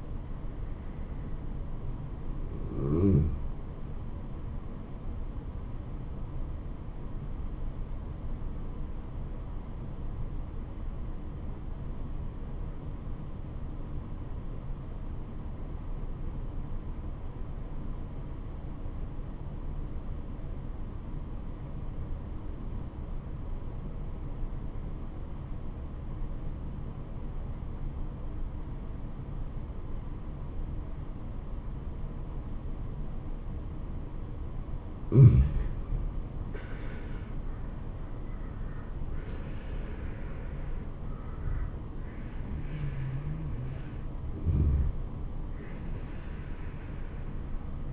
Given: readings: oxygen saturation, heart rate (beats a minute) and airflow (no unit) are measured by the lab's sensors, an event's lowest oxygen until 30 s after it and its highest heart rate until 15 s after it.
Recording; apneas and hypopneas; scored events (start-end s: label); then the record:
breathing in sleep by a smartphone at the bedside; 1
6.00-36.60 s: obstructive apnea (N1, oxygen 96% highest, then 79% lowest, heart rate 71 at the start, 82 highest)
10.00-40.00 s: new sleep stage, N2 (light sleep)
40.00-47.93 s: new sleep stage, N1 (lightest sleep)
From the record:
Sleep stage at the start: N1 (lightest sleep); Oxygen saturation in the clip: 82 to 96%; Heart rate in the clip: 62 to 82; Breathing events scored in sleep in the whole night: 426 in 7.4 hours asleep